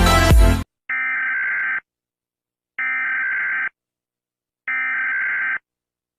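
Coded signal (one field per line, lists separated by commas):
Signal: Emergency Alert System (SAME) tones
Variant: header bursts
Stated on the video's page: Part of a simulated EAS scenario.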